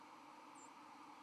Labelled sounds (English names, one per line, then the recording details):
White-throated Sparrow flight call
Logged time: 04:00 on 31 October 2014